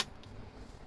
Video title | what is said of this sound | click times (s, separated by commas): Tesla Model Y Steering Wheel to Yoke Swap 2020-2022 (10 easy steps!) | Comes with a little click there. | 0.2 s